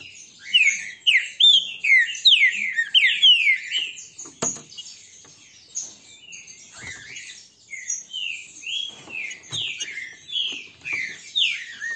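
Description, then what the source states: Green-winged saltator song: a series of loud, slurred descending whistles, a quieter pause, then more. Song, type 'Voz 08'; the bird is described as singing strongly.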